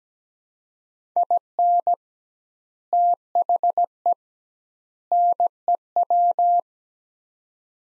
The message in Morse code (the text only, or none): IN THE NEW